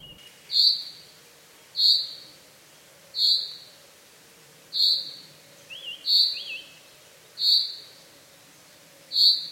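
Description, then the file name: Common chaffinch calls, short bright notes repeated several times at fairly even intervals, with a few faint upslurred notes in between. "Fringilla coelebs"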